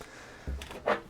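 The plastic/metal side cover of a Dell Optiplex 3080 SFF Core i5 small-form-factor desktop PC is handled as it is pushed back onto the chassis, giving a low thump near 0.5 s, brief light taps around 0.6 and 0.7 s, and a louder scraping rustle near 0.9 s. Nothing has seated or clicked into place yet.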